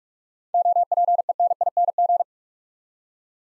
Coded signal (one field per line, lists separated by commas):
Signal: Morse code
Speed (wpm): 41 wpm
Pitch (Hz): 700 Hz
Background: none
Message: OPENING